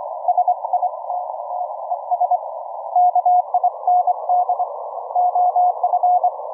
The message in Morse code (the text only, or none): SITTES KIND OF